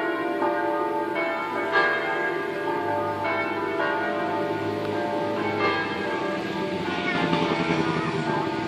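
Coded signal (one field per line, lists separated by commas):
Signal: bell signal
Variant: five-bell swinging peal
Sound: several church bells swinging and ringing together in a continuous overlapping festive peal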